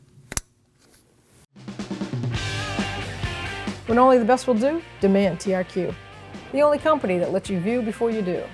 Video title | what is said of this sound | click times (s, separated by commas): How to Replace Camshaft Position Sensor 2016-2020 Kia Sorento 2.4L L4 | Simply line it up and make sure you hear a click. | 0.3 s, 0.4 s